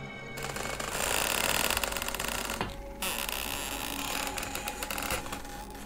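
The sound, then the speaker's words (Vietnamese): A classroom door creaks slowly open with a long, eerie, grinding groan, rough and stuttering in texture. The creak runs loud and steady, pauses briefly midway, then drags on, with no voices. “Âm thanh nổi da gà vang lên, cánh cửa đang từ từ mở ra.”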